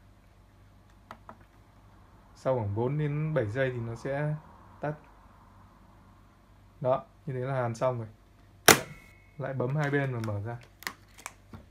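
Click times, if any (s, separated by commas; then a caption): 8.7 s. Someone talks as a Silvercrest SFS 110 C2 vacuum sealer finishes sealing, with a few faint ticks early on. The release buttons on both sides are pressed, and the plastic lid comes free of its base latches with a sharp click at 8.7 s. A few soft ticks follow near the end.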